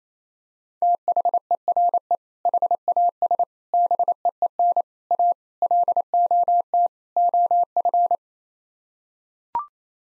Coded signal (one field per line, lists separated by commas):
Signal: Morse code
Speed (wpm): 28 wpm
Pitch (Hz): 700 Hz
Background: none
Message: THERE HAS BEEN A LOT OF